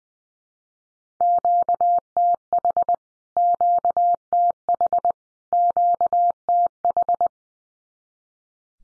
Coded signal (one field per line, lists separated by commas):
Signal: Morse code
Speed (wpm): 20 wpm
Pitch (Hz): 700 Hz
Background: none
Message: QTH QTH QTH